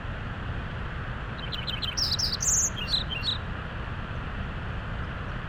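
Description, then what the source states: Lincoln's sparrow song: a quick bubbly run of notes rising into a high trill, then a jumble of lower notes, over the steady roar of a creek. Singing next to Tonahutu Creek at Big Meadows, Rocky Mountain National Park, Colorado; song described as sweet sounding with a little melancholy.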